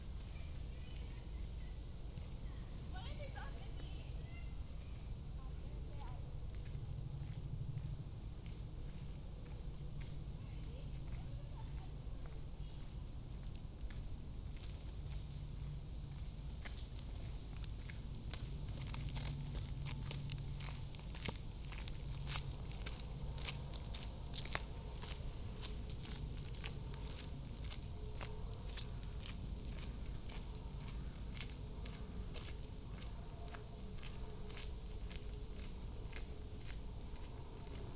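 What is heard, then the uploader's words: Footsteps walk along a park path, with a steady low rumble of traffic underneath throughout. From about the middle onward, sharp crunching steps repeat at a regular pace. Faint voices and occasional small clicks come and go in the background. Walking in University Parks. From the back gate at St Anne’s College, in through North Gate, and along North Walk to Lazenbee’s Ground Walk, in the middle of North Walk.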